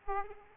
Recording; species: mosquito wingbeat signal from an infrared sensor; Aedes aegypti